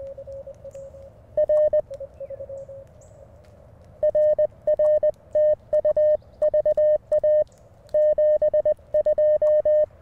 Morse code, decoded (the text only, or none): R RR TU VA 72